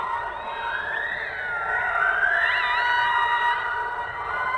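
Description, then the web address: Orca calls underwater, a smooth rising then falling harmonic whistle-like tone with a brief wavy flourish, other faint tones overlapping in the background hiss. "subacuatica Orcas"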